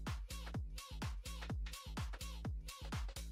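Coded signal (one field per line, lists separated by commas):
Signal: none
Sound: game music beeps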